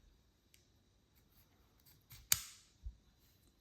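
A metal emergency key blade is slid back into the plastic housing of a Volvo key fob (XC60, XC70, V60, V70, S60, S80) during a battery replacement. A faint tick is heard at 0.5 s, then the blade latches with a sharp click at 2.3 s, followed by a soft low thump. The blade is seated back in the fob.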